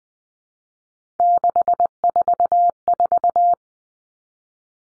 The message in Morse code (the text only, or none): 644